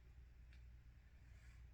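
The last plastic rim of a 1/25 scale Atlantis 1957 Cadillac Eldorado Brougham model car is being pressed into its rubber tire. A steady low hum runs throughout, with a faint, brief handling rustle around 0.5 seconds. Nothing has seated or clicked yet.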